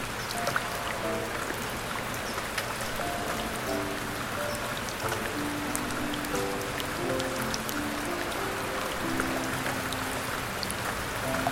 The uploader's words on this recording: A soothing blend of piano music and gentle rain sounds. Relaxing rain sounds with splatty puddle drips sounds and relaxing soft piano music.